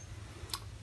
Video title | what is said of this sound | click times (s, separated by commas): Episode 13: Holland & Holland Modele De Luxe Rifle – 375 H&H Mag | and it's controlled by pressing a springload button the hood locks into place in either position | 0.5 s